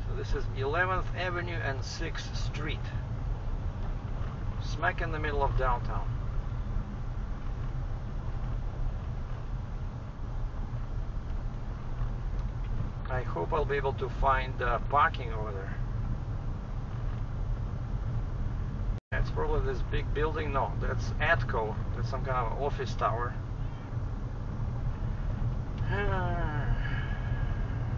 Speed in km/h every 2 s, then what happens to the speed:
24, 26, 27, 26, 25, 24, 26, 29, 30, 31, 33, 34, 36, 38.
0-10 steady at about 25. 10-28 speeds up to 38.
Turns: none.